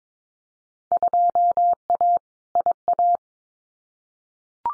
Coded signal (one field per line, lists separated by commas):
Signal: Morse code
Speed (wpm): 22 wpm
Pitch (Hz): 700 Hz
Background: none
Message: 2A IA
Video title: Field Day Exchange 22wpm